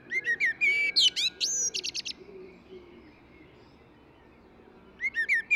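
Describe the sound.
Eurasian blackbird song: a mellow fluted opening around mid pitch, then a burst of high squeaky twittering, a pause, and another phrase beginning; soft low hum beneath.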